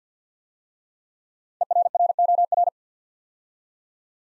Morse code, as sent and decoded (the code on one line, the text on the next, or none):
. .-. .-. --- .-.
ERROR